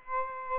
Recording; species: mosquito wingbeat signal from an infrared sensor; Aedes aegypti